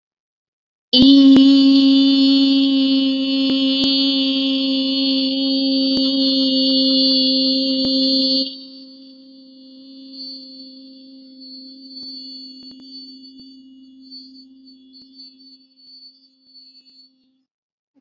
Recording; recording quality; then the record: sustained vowel as in beet; excellent, no background noise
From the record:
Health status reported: COVID-19 positive, mild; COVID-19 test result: positive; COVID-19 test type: RT-PCR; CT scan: not taken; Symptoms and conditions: cough, fever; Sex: female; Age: 19 years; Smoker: no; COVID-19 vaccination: both doses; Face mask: worn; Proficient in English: yes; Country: India